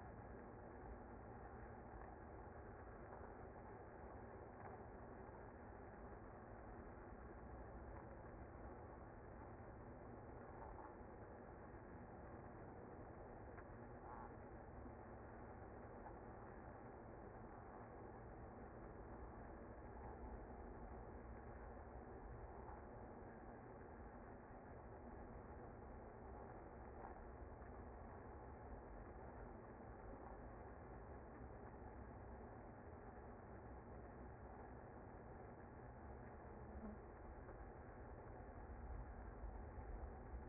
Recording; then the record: honeybee colony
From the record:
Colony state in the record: active